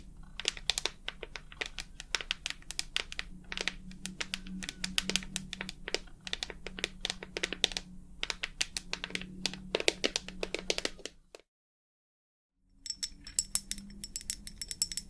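Rapid, irregular tapping clatters on almost without pause, sharp clicks and little crinkly rattles with a faint low hum underneath. Around eleven seconds everything cuts to total silence for about a second and a half, then the tapping resumes, with a thin high ringing tone added.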